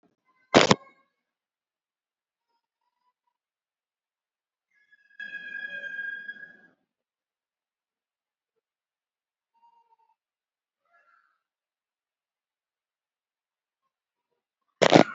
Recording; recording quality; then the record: deep breathing; poor, much background noise or distortion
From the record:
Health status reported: COVID-19 positive, moderate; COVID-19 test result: positive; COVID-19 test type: RT-PCR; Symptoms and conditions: fever, diabetes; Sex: female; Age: 52 years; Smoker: no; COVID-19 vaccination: one dose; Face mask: worn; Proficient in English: yes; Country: India